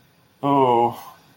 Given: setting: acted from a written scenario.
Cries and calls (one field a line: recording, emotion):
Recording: vocal sound without words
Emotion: guilt